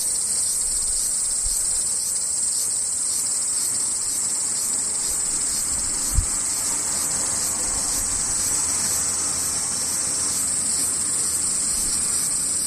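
Cicadas drone in a dense, unbroken shrill buzz, bright and high, holding steady for the whole stretch. A faint low rumble sits underneath, and a single soft thump lands around the six-second mark.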